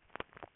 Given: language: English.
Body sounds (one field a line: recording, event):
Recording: throat vibration sensor signal played as sound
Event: swallow